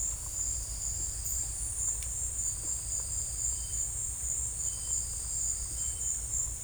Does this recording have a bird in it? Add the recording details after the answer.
no. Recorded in secondary vegetation near Puerto Asís, Putumayo, Colombia, on 20 December 2024 at 17:00. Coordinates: 0.481, -76.318. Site G042